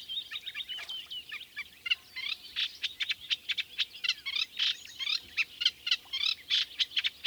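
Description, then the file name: Eurasian reed warbler song, a steady stream of chattering, scratchy notes. "Kleinekarekiet"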